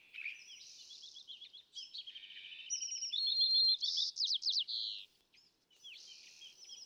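California thrasher singing varied phrases, including a fast series of slurred repeated notes, a short silence, then the song resuming.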